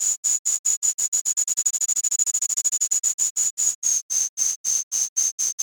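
Cicada song of high buzzy pulses that quicken into a rapid run midway, then slow again as the pitch drops slightly; nothing else audible.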